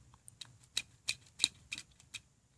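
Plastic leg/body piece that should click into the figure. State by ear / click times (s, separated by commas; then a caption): not seated / none. A plastic leg/body piece on a copy of the Transformers Legacy Evolution Deluxe class Autobot Medix figure is fiddled with by hand. Repeated short plastic handling taps and rattles are heard around 0.4, 0.8, 1.1, 1.4, 1.7 and 2.1 seconds. The piece just sits there and has not clicked in.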